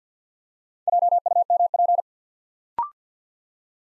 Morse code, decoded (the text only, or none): JUMP